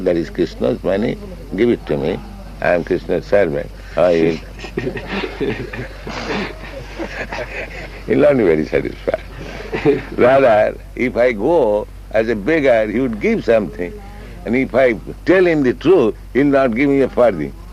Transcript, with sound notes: That is Kṛṣṇa's money. Give it to me; I am Kṛṣṇa's servant." Oh, he will... [laughter] He'll not be very satisfied. Rather, if I go as a beggar, he would give something, and if I tell him the truth, he'll not give me a farthing.